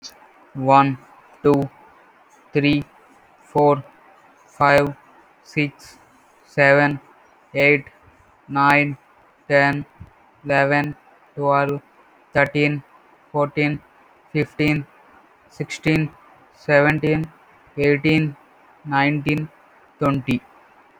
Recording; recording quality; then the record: counting at a normal pace; excellent, no background noise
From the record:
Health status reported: healthy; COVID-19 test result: not tested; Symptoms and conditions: none ticked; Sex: male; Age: 20 years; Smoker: not ticked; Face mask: not worn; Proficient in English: yes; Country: India